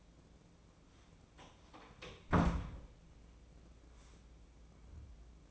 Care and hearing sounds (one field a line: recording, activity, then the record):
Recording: daily activity, microphone in the room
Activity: close door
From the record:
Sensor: 1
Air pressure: 1012.4 hPa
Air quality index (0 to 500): 165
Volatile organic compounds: 3 ppm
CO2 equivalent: 1350 ppm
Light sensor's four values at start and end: 819/1734/825/925 and 816/1728/822/921